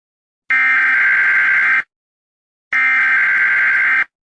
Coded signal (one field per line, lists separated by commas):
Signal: Emergency Alert System (SAME) tones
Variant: header bursts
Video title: Rating EAS Alarms Part 22: The Saga Isnt Done Yet!